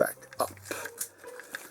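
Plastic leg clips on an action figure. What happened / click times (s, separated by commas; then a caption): The plastic clips snapped closed / 1.0 s, 1.5 s. The plastic clips on an action figure's leg are closed back up while someone talks, and they snap into place with clicks at about 1.0 and 1.6 seconds. They close without a struggle this time.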